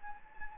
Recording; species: mosquito wingbeat signal from an infrared sensor; Anopheles gambiae